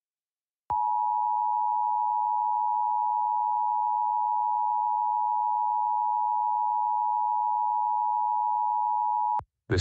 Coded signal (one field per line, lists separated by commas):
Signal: Emergency Alert System (SAME) tones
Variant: 853 and 960 Hz attention tone